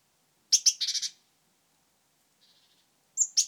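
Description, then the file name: Great tit call: two high sharp notes and a short grating churr, then a faint buzz and a fresh pair of high notes at the end. "Parus major"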